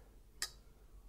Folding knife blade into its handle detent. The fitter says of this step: you know and you can hear it clicking into the detent